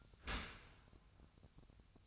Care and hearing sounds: daily activity, microphone in the room; open dishwasher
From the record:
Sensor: 2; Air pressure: 1004.5 hPa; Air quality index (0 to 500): 113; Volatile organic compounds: 3 ppm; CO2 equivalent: 1366 ppm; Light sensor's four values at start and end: 6/15/6/6 and 6/15/6/6

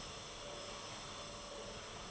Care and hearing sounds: daily activity, microphone in the room; vacuum cleaning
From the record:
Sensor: 4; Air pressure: 1012.7 hPa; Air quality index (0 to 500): 249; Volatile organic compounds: 5 ppm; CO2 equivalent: 1706 ppm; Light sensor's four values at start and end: 13/30/12/11 and 13/30/12/11

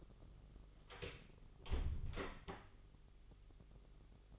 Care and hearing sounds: daily activity, microphone in the room; close door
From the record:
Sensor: 4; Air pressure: 997.0 hPa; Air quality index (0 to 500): 39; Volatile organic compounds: 1 ppm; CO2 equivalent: 630 ppm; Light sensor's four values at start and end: 19/44/18/18 and 19/45/18/19

